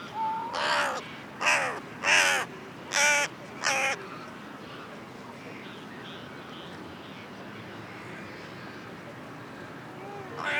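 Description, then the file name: Carrion crow giving a series of five harsh, grating caws in the first four seconds, then a long quiet stretch with faint background hiss before another call starts. "Corvus corone"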